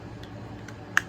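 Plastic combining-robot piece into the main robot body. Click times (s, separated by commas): 1.0 s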